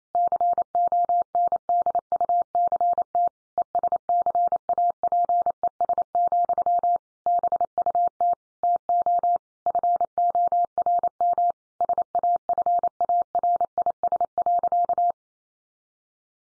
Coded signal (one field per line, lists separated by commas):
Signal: Morse code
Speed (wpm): 28 wpm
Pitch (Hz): 700 Hz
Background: none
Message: CONDUCT ESCAPES, BUT TO FORM SAFARIS.